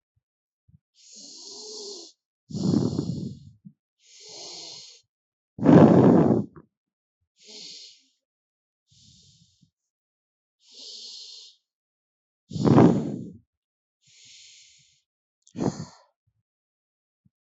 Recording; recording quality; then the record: shallow breathing; excellent, no background noise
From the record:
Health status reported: healthy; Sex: male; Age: 32 years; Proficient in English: yes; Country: India